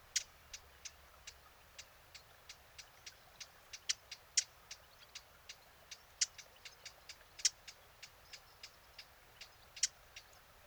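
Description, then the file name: Eurasian blackcap uttering a steady stream of hard tack notes, varying in loudness, with light background hiss. "Sylvia atricapilla"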